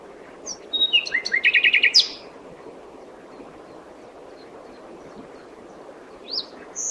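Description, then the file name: Common nightingale sings a brief whistle and a rapid run of repeated sharp notes, followed by quiet, then two short high whistles. "Luscinia megarhynchos"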